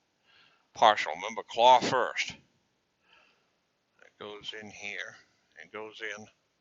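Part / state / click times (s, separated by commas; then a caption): plastic primer strip into reloading press priming unit / not seated / none. Someone talks while handling a plastic primer strip, getting it ready to push into the priming unit of a reloading press. Brief faint ticks come at about 4.0 and 4.2 seconds between the speech. The strip has not yet snapped or seated into the priming unit by the end of the clip.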